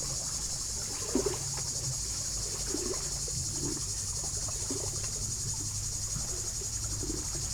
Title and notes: 9 Chem. de la Fontaine, 73100 Brison-Saint-Innocent, France - Les cigales. Au bord du lac du Bourget par une chaude journée d'été je suis en vélo, les cigales sont très actives aujourd'hui dans les peupliers du bord de l'eau. cymbalisation des cigales locales